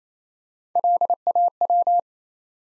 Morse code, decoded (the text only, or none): LAW